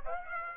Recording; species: mosquito wingbeat signal from an infrared sensor; Aedes aegypti